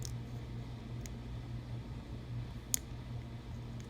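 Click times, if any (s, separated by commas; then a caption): 0.1 s, 1.1 s, 2.7 s. Small clear plastic cab windows are pressed back into the painted plastic shell of an N scale SD35 locomotive painted to match Pennsylvania 6011. Sharp little snaps at 0.1 s, 1.1 s and a louder one at 2.7 s sound over a steady low hum, with a faint tick near 3.8 s. The windows snap back in and seat in the shell.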